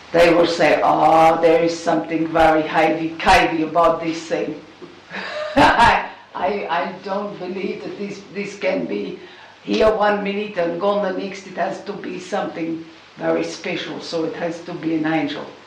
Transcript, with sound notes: they will say, "Oh there is something very havy cavy about this thing. (laughs) I don't believe that this can be here one minute and gone the next that has to be something very special so it has to be an angel."